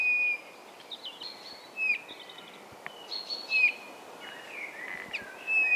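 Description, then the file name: Bird calls: clear whistled notes near one pitch mixed with short chirps and higher squeaky notes, set against a steady background hiss. "XENO CANTO"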